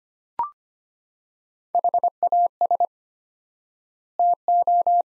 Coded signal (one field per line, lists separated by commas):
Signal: Morse code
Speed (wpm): 25 wpm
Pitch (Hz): 700 Hz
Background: none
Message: HAS TO